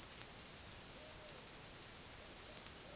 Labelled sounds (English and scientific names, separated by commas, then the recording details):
none
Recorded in dense forest near Puerto Asís, Putumayo, Colombia, on 19 February 2024 at 16:00
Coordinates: 0.505, -76.324
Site G6467